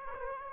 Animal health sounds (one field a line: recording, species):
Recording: mosquito wingbeat signal from an infrared sensor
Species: Aedes aegypti